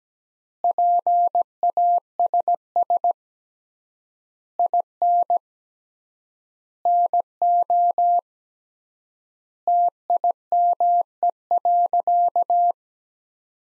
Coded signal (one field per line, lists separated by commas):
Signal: Morse code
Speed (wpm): 17 wpm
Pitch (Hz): 700 Hz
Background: none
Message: PASS IN NO TIME.